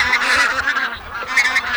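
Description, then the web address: Bean goose flock calling, a dense chorus of overlapping nasal honks and cackles that continues without a break throughout. A noisy gathering ('bazaar') of a flock of bean geese. "Гуменник базар"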